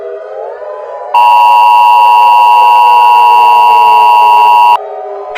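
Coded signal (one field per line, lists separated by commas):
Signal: Emergency Alert System (SAME) tones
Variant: 853 and 960 Hz attention tone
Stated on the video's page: Simulated EAS alert tones in a fictional invasion scenario, with frames skipped.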